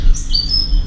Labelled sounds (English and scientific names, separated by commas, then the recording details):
Stitchbird (Notiomystis cincta) song
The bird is a male
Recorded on Tiritiri Matangi Island, New Zealand, in 2005
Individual 20, of nest box 28